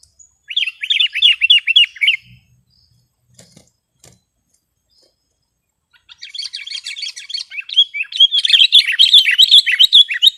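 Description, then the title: Sooty-headed bulbul song, a short run of evenly repeated notes, a quiet gap with a few faint clicks, then a long burst of dense, fast chattering. "kutilang"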